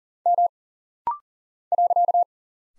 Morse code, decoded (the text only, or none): M .